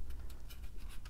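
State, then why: Not seated. Plastic truck-mode panels on a Wei Jiang MPP10-Z Battle Commander, a knockoff of the Transformers Masterpiece MP10 damaged Optimus Prime figure, are brought up and pushed over so they can tab into the vehicle body. Faint, light plastic ticks and scratchy handling sounds come at about 0.1, 0.3 and 1.1 seconds over a low background hum. Nothing has seated or clicked yet; the panels are still being handled.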